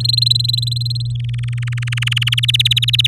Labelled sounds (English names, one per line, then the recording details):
Domestic Canary song
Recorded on 8 May 2018 at 06:10
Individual llb16